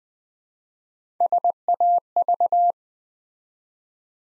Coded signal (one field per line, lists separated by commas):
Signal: Morse code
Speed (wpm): 20 wpm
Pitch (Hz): 700 Hz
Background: none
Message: SAV